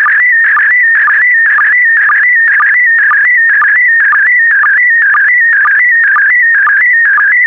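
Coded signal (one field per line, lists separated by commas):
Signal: SSTV (slow-scan television)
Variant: PD120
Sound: warbling, buzzy tone shifting pitch, with a short low blip about twice per second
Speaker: the next image transmission will start in 10 seconds five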